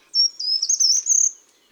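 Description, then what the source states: Short-toed treecreeper song: a thin, very high whistled phrase of linked notes lasting just over a second, wavering slightly and lifting near the end. Climbs tree trunks while giving its little song, nearly always the same, ending on a questioning tone.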